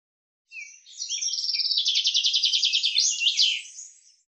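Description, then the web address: Common chaffinch singing one full phrase: a few introductory notes, then a rapid rattling trill of even notes, finished with a quick emphatic flourish; no other sounds. "Deverinetal 2025 File cleaned normalized Bird Fr Co"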